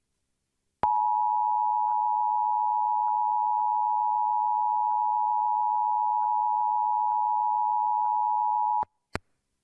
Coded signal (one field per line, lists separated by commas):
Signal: Emergency Alert System (SAME) tones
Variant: 853 and 960 Hz attention tone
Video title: EAS Alerts from September 9th, 2023 [EAS #1,063-1,081]